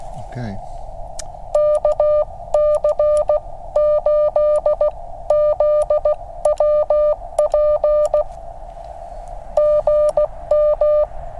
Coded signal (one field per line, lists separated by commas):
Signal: Morse code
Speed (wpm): 16 wpm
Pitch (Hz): 600 Hz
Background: speech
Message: KC8ZWP GM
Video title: Extreme Weather Radio! 5°F POTA Activation